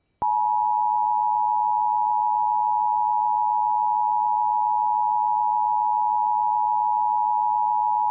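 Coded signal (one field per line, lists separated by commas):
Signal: Emergency Alert System (SAME) tones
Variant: 853 and 960 Hz attention tone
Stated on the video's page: EAS Flash Flood Warning as aired on a radio station.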